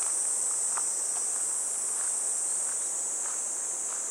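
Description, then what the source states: Cicada chorus: a high, constant electric-sounding buzz, with a few soft footfalls underneath. Recorded walking a riverbank embankment path on a fresh, clear morning, heading toward a weir.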